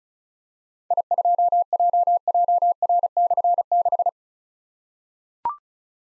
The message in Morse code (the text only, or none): I2JJR/6